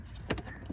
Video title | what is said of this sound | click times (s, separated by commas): Polaris RZR Pro XP Light Bar Install (Using The Pulse Bar) | It'll snap in place there. | 0.3 s